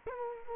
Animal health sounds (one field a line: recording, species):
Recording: mosquito wingbeat signal from an infrared sensor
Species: Culex quinquefasciatus